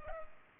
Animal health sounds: mosquito wingbeat signal from an infrared sensor; Culex pipiens

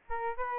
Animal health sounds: mosquito wingbeat signal from an infrared sensor; Aedes albopictus

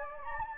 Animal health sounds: mosquito wingbeat signal from an infrared sensor; Anopheles gambiae

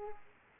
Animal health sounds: mosquito wingbeat signal from an infrared sensor; Aedes aegypti

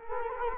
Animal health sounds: mosquito wingbeat signal from an infrared sensor; Culex quinquefasciatus

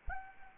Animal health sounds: mosquito wingbeat signal from an infrared sensor; Anopheles arabiensis

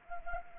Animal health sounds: mosquito wingbeat signal from an infrared sensor; Anopheles gambiae

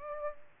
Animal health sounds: mosquito wingbeat signal from an infrared sensor; Aedes aegypti

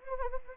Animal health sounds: mosquito wingbeat signal from an infrared sensor; Anopheles arabiensis

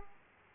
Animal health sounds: mosquito wingbeat signal from an infrared sensor; Aedes aegypti

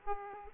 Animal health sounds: mosquito wingbeat signal from an infrared sensor; Aedes aegypti

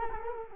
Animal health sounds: mosquito wingbeat signal from an infrared sensor; Culex quinquefasciatus

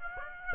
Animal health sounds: mosquito wingbeat signal from an infrared sensor; Aedes aegypti

